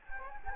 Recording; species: mosquito wingbeat signal from an infrared sensor; Anopheles gambiae